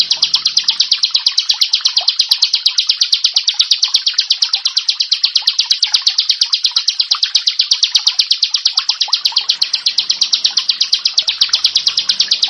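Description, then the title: Bar-winged prinia song: a steady, unbroken, rapid stream of high, sharp chip notes, with a faint low hum at times. "Ciblek Sawah 1"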